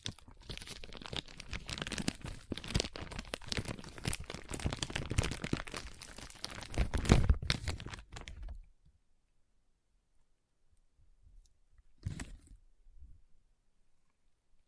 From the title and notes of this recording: ASMR Powerful Foam Brain Massage.